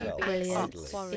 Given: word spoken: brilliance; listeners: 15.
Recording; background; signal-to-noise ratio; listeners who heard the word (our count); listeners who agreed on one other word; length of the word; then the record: one English word in noise, from a listening test; four-talker babble; 0.6 dB; 0 of 15; 6 of 15; 0.77 s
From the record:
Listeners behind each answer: 6, 2, 2, 2, 1, 1, 1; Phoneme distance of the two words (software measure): 10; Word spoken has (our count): 2 syllables, 7 phonemes, stress on syllable 1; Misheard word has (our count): 2 syllables, 7 phonemes, stress on syllable 1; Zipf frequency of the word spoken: 3.45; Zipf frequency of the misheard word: 5.34